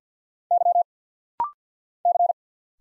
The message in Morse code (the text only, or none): Y C